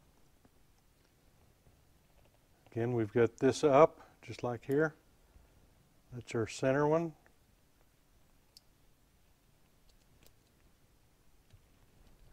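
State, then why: Seated. Someone talks, then the repaired center wire terminal of a 1974 Suzuki motorcycle wiring harness is pushed into its plastic connector housing. It snaps in with a sharp click at 8.6 s, and the terminal is seated and locked.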